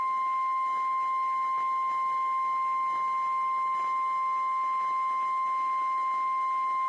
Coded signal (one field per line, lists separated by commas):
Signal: Emergency Alert System (SAME) tones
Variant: 1050 Hz attention tone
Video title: Tests, Tests are everywhere. (EAS #845-#854)